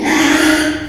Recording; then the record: squeal of a Yucatan mini pig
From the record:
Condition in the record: after surgery on the right vocal fold (resection and tissue-engineered implant); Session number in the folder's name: 3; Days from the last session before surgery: 33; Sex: male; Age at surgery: 12 weeks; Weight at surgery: 13 kg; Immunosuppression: cyclosporine, prednisolone